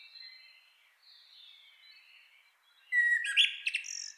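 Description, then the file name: Common blackbird singing: faint drawn-out whistles first, then one louder phrase of mellow notes ending in a sharp, high, scratchy twitter. "Turdus merula"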